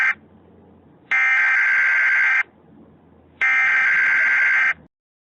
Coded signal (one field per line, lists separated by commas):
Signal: Emergency Alert System (SAME) tones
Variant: header bursts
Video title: Toxic Storm (EAS Scenario)